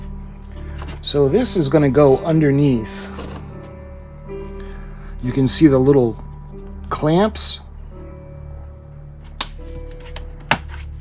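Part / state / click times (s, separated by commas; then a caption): plastic model ship part into holding clamps on the hull / seated / 9.4 s, 10.5 s. Someone talks over background music while pushing a plastic part of an Agora Models 1:200 scale R.M.S. Titanic model ship underneath into the little holding clamps on the hull. Two sharp clicks at 9.4 s and 10.5 s mark the part seating into the clamps.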